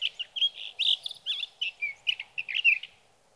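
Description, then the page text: Sage thrasher delivering a brisk run of varied warbled and whistled notes, tumbling continuously before stopping near the end. Male singing through the night near his night roost, evening of June 12 to morning of June 15, 2018, Sierra Valley, California; night songs, captured with a Swift recorder. "Sage thrasher songs, through the night. from the evening of June 12 to the morning of June 15, 2018, in Sierra Valley, California"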